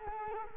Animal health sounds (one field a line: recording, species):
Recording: mosquito wingbeat signal from an infrared sensor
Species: Culex quinquefasciatus